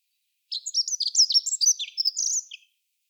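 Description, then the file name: Dunnock song: a single hurried, high-pitched warbling phrase of thin jumbled notes lasting about two seconds, with silence around it. "chant accenteur mouchet"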